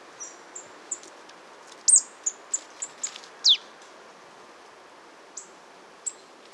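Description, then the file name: Marsh tit calls: thin, very high short notes, some sharply down-slurred, scattered in an irregular sequence over steady background hiss. "Poecile palustris"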